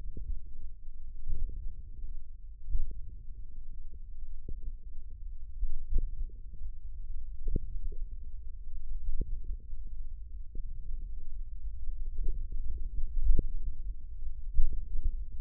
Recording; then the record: forearm muscle sounds (acoustic myography)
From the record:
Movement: hand closing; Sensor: system 1, eight BSWA MPA416 microphones around the upper forearm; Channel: 6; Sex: male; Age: 54 years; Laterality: right